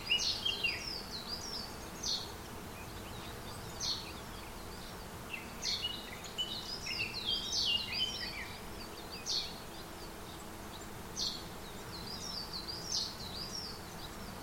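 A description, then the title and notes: Forest soundscape with bright, quick bird chirps and trills in bursts every second or two over a steady low rumble of background noise. A soundscape of forest recordings. Forest soundscape.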